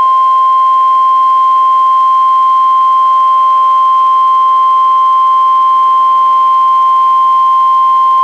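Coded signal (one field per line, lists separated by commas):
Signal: Emergency Alert System (SAME) tones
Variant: 1050 Hz attention tone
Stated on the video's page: Three NOAA Weather Radio Required Weekly Tests from NWS Portland, relayed by an NWR station, recorded directly from a Reecom R-1630 weather radio into a Zoom H1 recorder.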